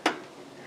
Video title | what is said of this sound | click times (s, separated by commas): DIY Standing metal Seam Roofing | the uh ribs here snap together right here and they lock into place nice. | 0.1 s